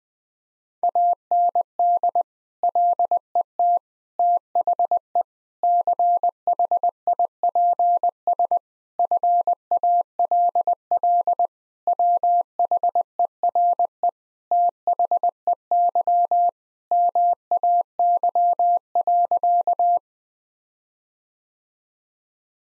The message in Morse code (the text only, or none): AND LET THE CHIPS FALL WHERE THEY MAY.